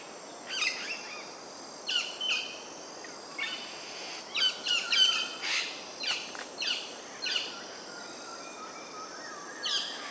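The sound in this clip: Double-eyed fig parrot calls: sharp, high squawking notes given singly or in short clusters every second or so, over a steady background hiss.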